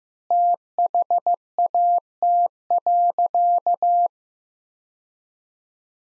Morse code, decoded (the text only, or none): THAT.